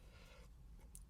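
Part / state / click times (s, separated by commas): plastic retaining clip on an engine air filter housing lid / seated / 1.0 s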